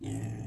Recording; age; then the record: pig call; weaner (32 to 43 days)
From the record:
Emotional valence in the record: positive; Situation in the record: positive conditioning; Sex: female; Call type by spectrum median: low-frequency call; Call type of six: low-frequency stable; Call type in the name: low-frequency stable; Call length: 0.47 s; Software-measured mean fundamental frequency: 55 Hz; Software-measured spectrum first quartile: 121 Hz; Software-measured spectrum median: 248 Hz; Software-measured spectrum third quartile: 751 Hz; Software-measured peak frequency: 119 Hz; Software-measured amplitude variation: 115 dB a second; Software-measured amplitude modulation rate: 21.2 a second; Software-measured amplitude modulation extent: 5.4 dB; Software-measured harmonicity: 5.8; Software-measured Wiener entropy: -1.33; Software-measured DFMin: 911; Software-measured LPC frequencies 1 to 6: 1935, 2658, 3206, 5113, 6435, 7168 Hz